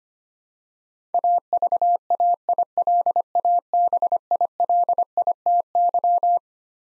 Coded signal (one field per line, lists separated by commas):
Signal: Morse code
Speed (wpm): 25 wpm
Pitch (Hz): 700 Hz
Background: none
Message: AVAILABILITY